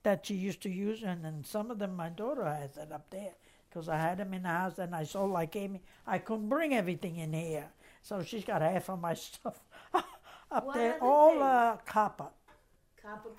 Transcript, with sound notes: That she used to use, and then some of them, my daughter has it up there, because I had them in the house and I saw, I came, I couldn't bring everything in here, so she's got half of my stuff up there. ( she laughs ) All copper.
Copper pots?